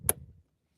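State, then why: Seated. A plastic fin lock is pushed in from the opposite side of a paddle board fin box after the fin has been slid all the way in. One sharp, loud click snaps at 0.1 s, followed by a low, fading rumble until about 0.4 s. The fin lock is seated.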